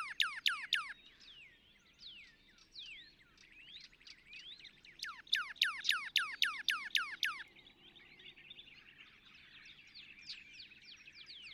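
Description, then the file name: Northern cardinal song: rapid series of steep downslurred whistles, a fast burst at the start and another midway, with fainter notes between and a steady background hiss. "Northern Cardinal"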